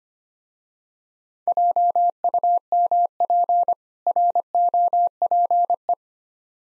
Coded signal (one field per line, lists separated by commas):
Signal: Morse code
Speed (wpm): 25 wpm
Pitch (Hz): 700 Hz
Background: none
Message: JUMP ROPE